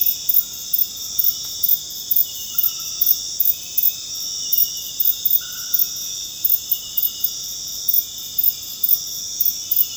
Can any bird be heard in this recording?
no